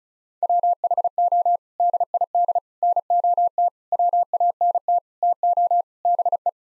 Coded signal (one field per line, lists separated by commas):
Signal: Morse code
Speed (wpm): 34 wpm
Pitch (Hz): 700 Hz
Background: none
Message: WHO DID NOT WANT TO BE